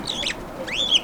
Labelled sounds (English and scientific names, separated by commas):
Superb Starling (Lamprotornis superbus) flight call